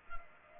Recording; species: mosquito wingbeat signal from an infrared sensor; Culex pipiens